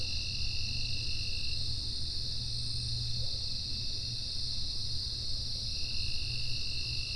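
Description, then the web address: High, unbroken insect trilling, with a lower whine at the start and again near the end, plus a low rumbling background. "Soundfx IV General Insects"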